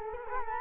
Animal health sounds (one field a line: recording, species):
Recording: mosquito wingbeat signal from an infrared sensor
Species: Culex quinquefasciatus